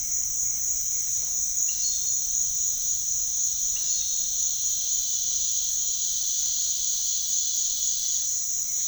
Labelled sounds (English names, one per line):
none